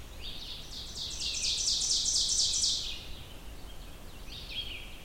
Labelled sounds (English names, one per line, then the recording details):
Ovenbird song
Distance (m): 30 m
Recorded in boreal forest in Alberta, Canada, on 16 June 2016 at 06:22
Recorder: SongMeter 3, array SBT-3-32
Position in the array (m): 91 m, 8 m
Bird 36